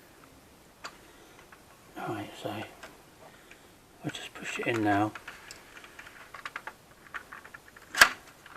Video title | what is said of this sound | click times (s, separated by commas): Land Rover Discovery 2 coin tray ash tray cup holder fix. Easy cheap DIY - TD5 & V8 | There you go, so it's latched. | 8.0 s